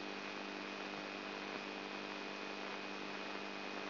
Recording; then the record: brain microelectrode recording played as sound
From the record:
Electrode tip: inside the subthalamic nucleus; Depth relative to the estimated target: 2 mm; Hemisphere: right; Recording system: AlphaMap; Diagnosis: Parkinson's disease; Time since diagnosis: 12 years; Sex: female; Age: 59 years